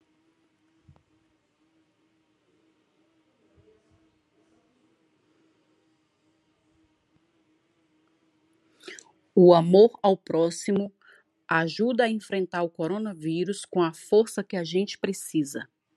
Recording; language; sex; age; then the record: spoken sentence; Brazilian Portuguese; female; 30 to 39 years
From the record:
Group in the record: control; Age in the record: 36 years